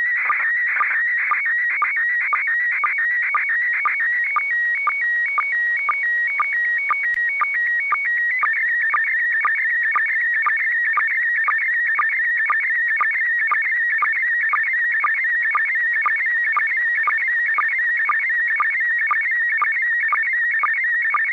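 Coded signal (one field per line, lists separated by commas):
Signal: SSTV (slow-scan television)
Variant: PD120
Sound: continuous warbling, chirpy tone with steady rhythmic clicks about twice per second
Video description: Russian cosmonauts on the International Space Station (ISS) sent out Slow Scan TV images on 145.800 MHz FM using the SSTV mode PD-120.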